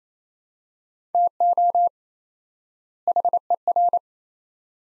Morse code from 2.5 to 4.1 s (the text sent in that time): HER